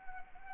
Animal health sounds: mosquito wingbeat signal from an infrared sensor; Anopheles arabiensis

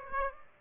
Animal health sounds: mosquito wingbeat signal from an infrared sensor; Aedes aegypti

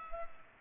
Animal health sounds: mosquito wingbeat signal from an infrared sensor; Culex pipiens

